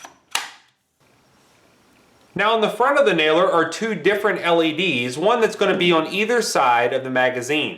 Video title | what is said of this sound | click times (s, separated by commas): Ryobi P320 - AirStrike 18ga Brad Nailer - 18v ONE+ | And then just grab the bottom of the magazine and push it up until you hear a click. | 0.3 s